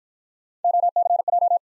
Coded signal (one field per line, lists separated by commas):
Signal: Morse code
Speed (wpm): 50 wpm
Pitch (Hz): 700 Hz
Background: none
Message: OCJ